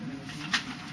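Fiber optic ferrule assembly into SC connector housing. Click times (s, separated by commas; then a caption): 0.5 s. A spliced fiber ferrule assembly is pushed into a plastic SC connector housing held in the assembly tool of a Furukawa Fitel S153 SC splice-on connector termination system. Over a steady low hum, one short, bright little click is heard at 0.5 s. The ferrule seats correctly in the housing.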